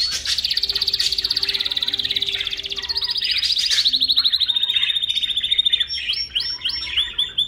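Bird song: a long, loud, rapid trill that gradually lowers in pitch, closing with a few separate notes.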